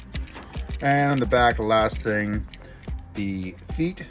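A plastic part of a 2015 Robots In Disguise Strongarm Transformers figure is pushed into the figure's body during transformation and clicks sharply into place at 0.2 s, fitting it all in satisfyingly. A second, softer tick follows at 0.6 s while someone talks.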